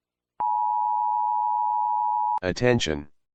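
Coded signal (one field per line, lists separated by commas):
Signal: Emergency Alert System (SAME) tones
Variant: 853 and 960 Hz attention tone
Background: speech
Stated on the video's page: Fictional, not real, EAS broadcast for a kaiju scenario.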